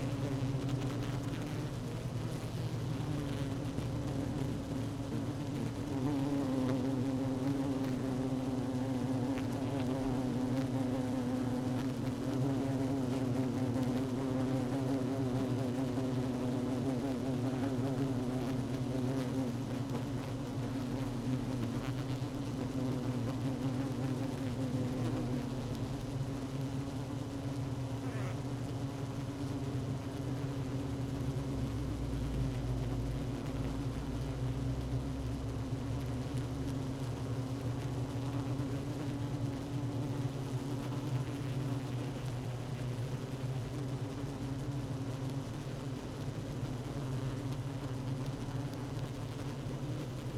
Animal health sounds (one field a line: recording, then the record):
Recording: honeybee colony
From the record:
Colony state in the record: active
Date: 12 June 2018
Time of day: 16:56